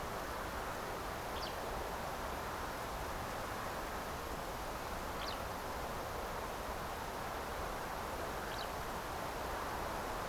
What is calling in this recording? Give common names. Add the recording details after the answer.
Eurasian Skylark. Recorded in France